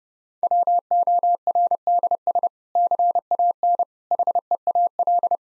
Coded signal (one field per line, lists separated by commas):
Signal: Morse code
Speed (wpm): 30 wpm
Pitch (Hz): 700 Hz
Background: none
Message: WORDS CAN HEAL